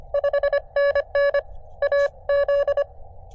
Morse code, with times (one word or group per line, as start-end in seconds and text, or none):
0.1-1.4 5NN
1.8-2.8 AZ